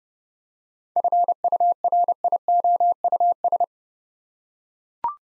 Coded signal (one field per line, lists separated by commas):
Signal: Morse code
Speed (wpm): 30 wpm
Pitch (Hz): 700 Hz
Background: none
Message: FURIOUS